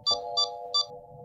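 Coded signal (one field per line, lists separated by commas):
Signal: beep code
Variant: PC POST beep code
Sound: three short high beeps about 0.35 s apart over a steady low hum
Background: steady low hum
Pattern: 3 short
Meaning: Three beeps indicate a system memory (RAM) problem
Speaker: three beeps that repeat after a false indicates that there is a problem with the system memory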